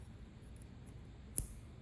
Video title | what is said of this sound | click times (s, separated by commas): Apple Watch Ultra 3 vs Ultra 2: What’s New? | Okay, so that was the clip. And it just locks in there really good. | 1.4 s